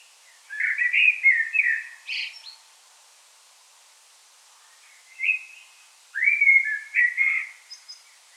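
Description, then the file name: Common blackbird song: two mellow fluted phrases, the first ending in a short high squeak, separated by a few seconds of quiet. "Turdus merula"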